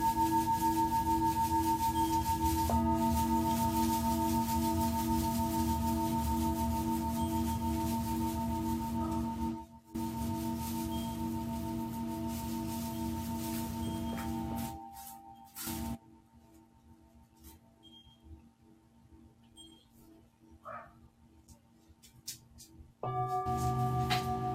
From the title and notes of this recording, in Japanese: 真夜中のシンギングボウルのサウンドヒーリング。チベタンシンギングボウルボウル。